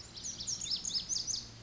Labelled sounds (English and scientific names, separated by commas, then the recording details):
Pacific Wren (Troglodytes pacificus)
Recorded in Sonoma County, California